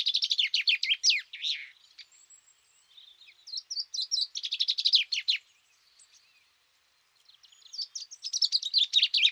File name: Fringilla coelebs